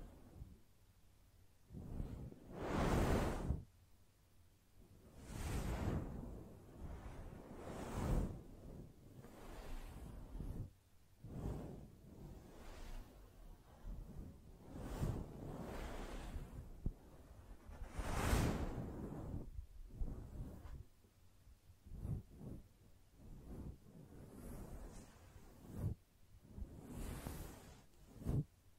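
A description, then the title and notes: Gentle brushing in soft, repeated swishing strokes, each a short rush of airy, hissing sound that rises and fades. The strokes come every second or two at an uneven pace, a few stronger ones near 3, 18 and 27 seconds, with quiet gaps between. ASMR Gently Brushing Your Brain (No Talking).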